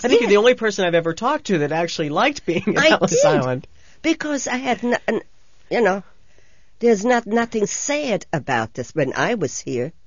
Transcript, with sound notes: I think you're the only person I've ever talked to that actually liked being at Ellis Island. (he laughs)
I did, because, you know. There's nothing sad about this when I was here.